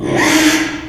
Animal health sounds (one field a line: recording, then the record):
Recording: squeal of a Yucatan mini pig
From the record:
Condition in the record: after surgery on the right vocal fold (resection and tissue-engineered implant)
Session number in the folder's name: 3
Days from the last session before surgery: 33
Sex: male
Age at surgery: 12 weeks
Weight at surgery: 13 kg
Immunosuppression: cyclosporine, prednisolone